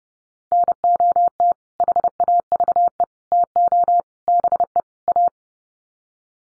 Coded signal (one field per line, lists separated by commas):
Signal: Morse code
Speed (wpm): 30 wpm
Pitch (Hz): 700 Hz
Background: none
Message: NOT HAVE TO BE A